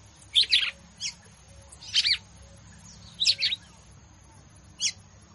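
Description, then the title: Red-cowled cardinal song of squeaky, chattering note clusters and single sharp chips, spaced unevenly, with a faint continuous whine in the background. Female bird; song described as 'batendo fogo' style. "Canto Galo Campina Fêmea. Galo de Campina batendo fogo"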